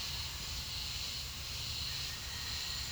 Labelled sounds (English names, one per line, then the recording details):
none
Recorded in pastures near Puerto Asís, Putumayo, Colombia, on 12 March 2025 at 10:30
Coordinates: 0.497, -76.327
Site G072